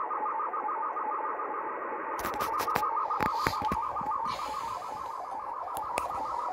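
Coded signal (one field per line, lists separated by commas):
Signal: SSTV (slow-scan television)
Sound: rapid regular warbling tone repeating about seven times a second, with crackling static bursts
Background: radio static and clicks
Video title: 2020-03-15 SSTV (Slow Scan TV) on 20 meter band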